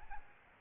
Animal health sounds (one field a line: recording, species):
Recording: mosquito wingbeat signal from an infrared sensor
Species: Aedes albopictus